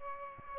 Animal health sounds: mosquito wingbeat signal from an infrared sensor; Aedes aegypti

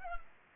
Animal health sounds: mosquito wingbeat signal from an infrared sensor; Culex pipiens

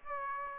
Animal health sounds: mosquito wingbeat signal from an infrared sensor; Aedes aegypti

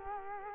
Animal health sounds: mosquito wingbeat signal from an infrared sensor; Culex quinquefasciatus

